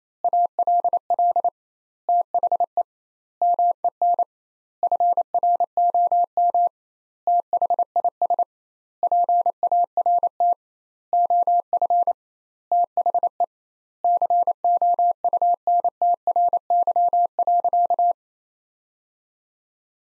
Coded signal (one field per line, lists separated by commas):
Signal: Morse code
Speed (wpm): 28 wpm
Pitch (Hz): 700 Hz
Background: none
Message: ALL THE MEN FROM THIS PART OF THE COUNTRY.